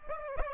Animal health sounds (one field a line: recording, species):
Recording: mosquito wingbeat signal from an infrared sensor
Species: Aedes aegypti